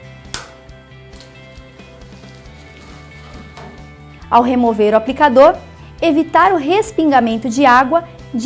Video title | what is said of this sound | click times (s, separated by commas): Polarys Ibramed Criolipólise de Contraste - Treinamento - Adquira o seu na HS Med (11) 3530-4243 | Para o completo encaixe, deve-se ouvir um clique. | 0.3 s